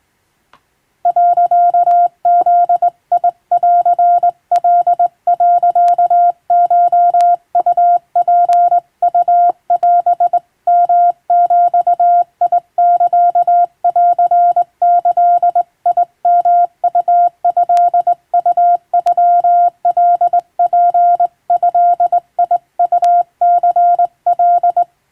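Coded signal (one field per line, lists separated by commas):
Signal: Morse code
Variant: Japanese Wabun code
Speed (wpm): 21 wpm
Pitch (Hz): 700 Hz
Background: none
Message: 、ブンカ、コウツウオヨビサンギヨウトウノカツドウニカ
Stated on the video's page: Hand-keyed Japanese wabun Morse with a telegraph key, practice from telegram practice texts, by a first-class radiotelegraph operator.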